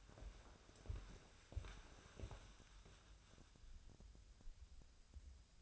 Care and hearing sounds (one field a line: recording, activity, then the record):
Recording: daily activity, microphone in the room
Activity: walk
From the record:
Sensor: 2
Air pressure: 1015.2 hPa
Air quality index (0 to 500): 110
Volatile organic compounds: 3 ppm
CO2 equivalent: 1412 ppm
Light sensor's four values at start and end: 12/32/12/14 and 12/33/13/14